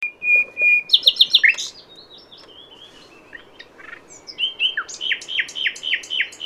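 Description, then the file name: Common nightingale singing, with two level whistles followed by quick sharp chirps, faint thin notes, and then a run of loud descending repeated notes. "Luscinia megarhynchos"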